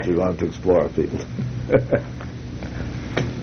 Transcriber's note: laughter